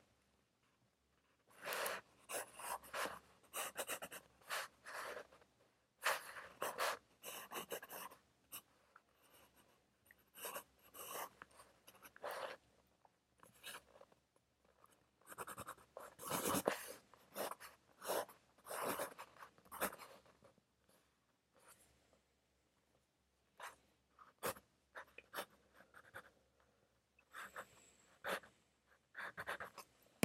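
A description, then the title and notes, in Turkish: A pencil scratches across paper in quick bursts of strokes, pausing briefly between words and lines before starting again. The scratching is bright and dry, with a sharp tap now and then, over a faint steady hiss in a quiet room. Sessiz odada 60 dakika boyunca kurşun kalem ile ders çalışma; ortam sesleri, beyaz gürültü alt yapısı. Ev, kütüphane çalışmaları ortam sesi.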